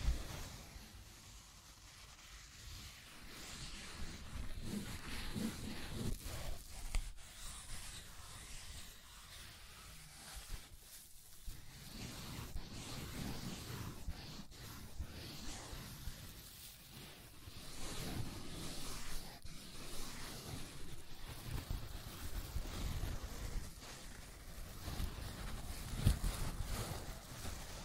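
Scratching and tracing sounds, a continuous rough rubbing that shifts in density and grain throughout. Strokes come in uneven bursts with brief lighter gaps near 7 and 11 seconds, and a low rumbling undertone runs beneath, swelling at times like wind buffeting.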